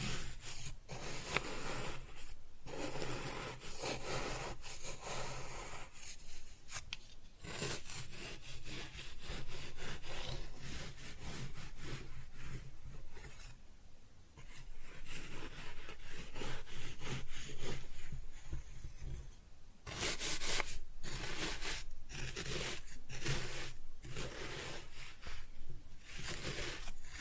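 Kinetic sand being cut and scooped makes a continuous grainy, gritty rubbing with a bright, hissy edge. Strokes come irregularly, with short pauses around 2, 7, 14 and 20 seconds, and a steady low hum runs underneath throughout.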